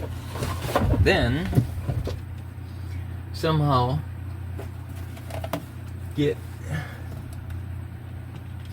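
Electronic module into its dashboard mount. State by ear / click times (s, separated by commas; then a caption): seated / 5.5 s. During dash reassembly on a 2003 Mitsubishi Galant, an electronic module is plugged in and pushed up into its dashboard mount before its screw is refitted, while someone talks over a steady low hum. A sharp snap at 5.5 s marks the module seating in place.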